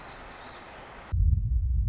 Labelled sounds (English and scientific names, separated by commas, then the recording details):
Black-throated Gray Warbler (Setophaga nigrescens)
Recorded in Sonoma County, California